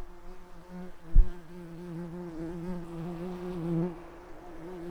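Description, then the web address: Bumblebee buzz, a steady low droning hum with wavering pitch, plus a brief thump just after one second. Worker bumblebees. "Lapidarius workers"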